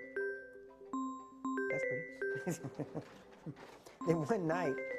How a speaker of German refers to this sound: Klingelt unser Telefon. Wir müssen das Timing noch etwas besser hinkriegen. Das war schon ziemlich gut.